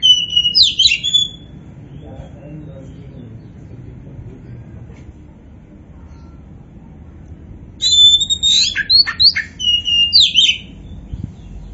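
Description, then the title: Oriental magpie-robin song: two bursts of loud, varied whistles and sharp chattering notes, separated by several seconds of quiet. Poci-type Oriental magpie-robin singing continuously and vigorously (gacor). "Kacer Poci"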